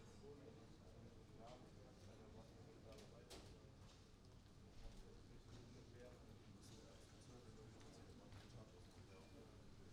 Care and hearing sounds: everyday scene through a hearing-aid microphone; many people talking; many voices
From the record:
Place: university cafeteria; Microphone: in the ear canal, right

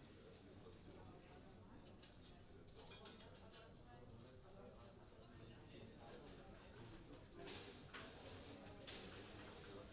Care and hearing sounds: everyday scene through a hearing-aid microphone; many people talking; many voices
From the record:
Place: university cafeteria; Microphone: in the ear canal, right

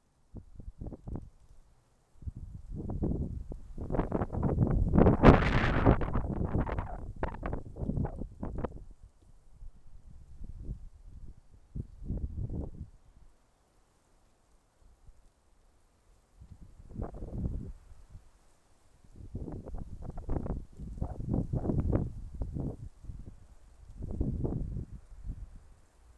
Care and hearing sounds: everyday scene through a hearing-aid microphone; wind on the microphone; wind, traffic, birds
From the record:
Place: suburban garden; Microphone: behind the ear, left, front

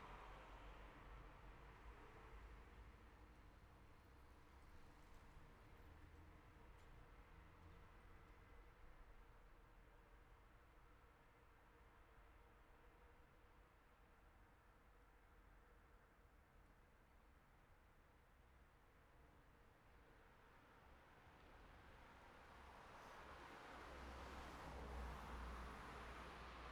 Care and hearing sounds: everyday scene through a hearing-aid microphone; in traffic; traffic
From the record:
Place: city secondary road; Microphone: behind the ear, right, rear

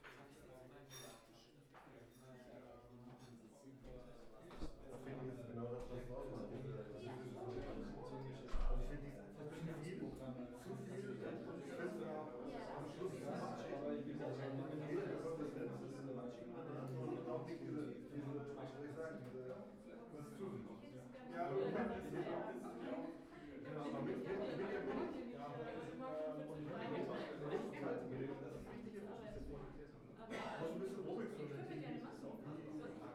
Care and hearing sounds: everyday scene through a hearing-aid microphone; many people talking; many voices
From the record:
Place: bistro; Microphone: behind the ear, right, rear

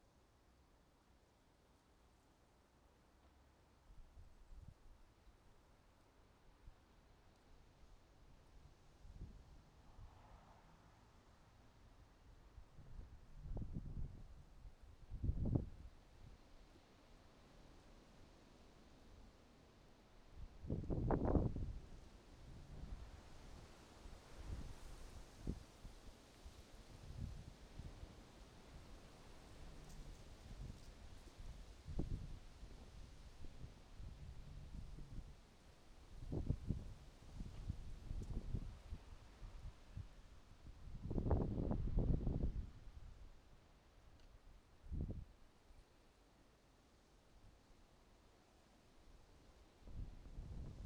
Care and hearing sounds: everyday scene through a hearing-aid microphone; wind on the microphone; wind, traffic, birds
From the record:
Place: suburban garden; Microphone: in the ear canal, right

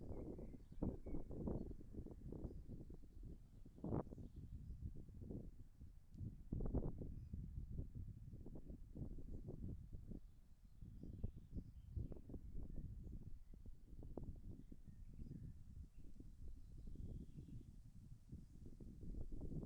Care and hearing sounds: everyday scene through a hearing-aid microphone; wind on the microphone; wind, birds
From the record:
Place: in front of a rural house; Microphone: behind the ear, left, front

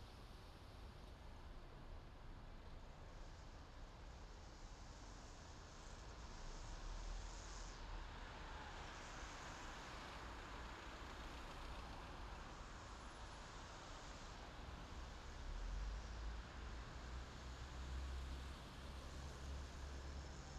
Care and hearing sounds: everyday scene through a hearing-aid microphone; in traffic; traffic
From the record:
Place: main city hub, rush hour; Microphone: in the ear canal, left

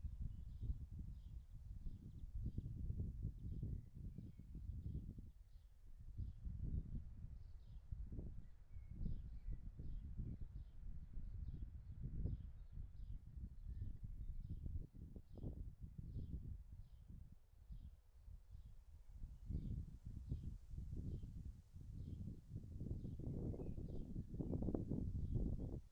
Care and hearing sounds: everyday scene through a hearing-aid microphone; wind on the microphone; wind, birds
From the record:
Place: in front of a rural house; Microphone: behind the ear, right, front

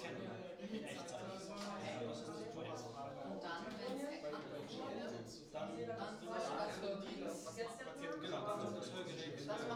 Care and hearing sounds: everyday scene through a hearing-aid microphone; many people talking; many voices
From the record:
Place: bistro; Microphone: in the ear canal, right

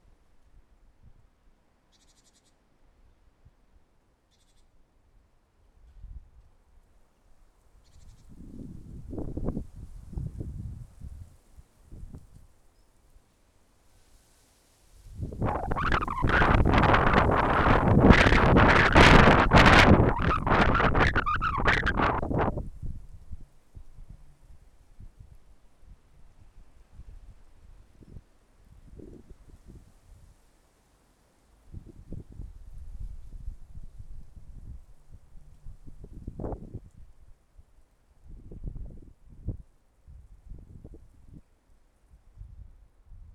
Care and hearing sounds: everyday scene through a hearing-aid microphone; wind on the microphone; wind, traffic, birds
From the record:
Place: suburban garden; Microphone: behind the ear, left, rear

